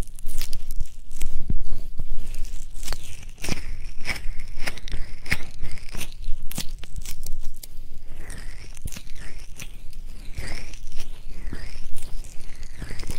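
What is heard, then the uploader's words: Dense rubbing and scratching of an ear massage fills the clip, with crackly, crunchy textures and frequent sharp taps and clicks. After about eight seconds the rubbing turns into sweeping, swishing strokes that rise and fall. Low rumbling sits underneath throughout. Ear massage, and ear play.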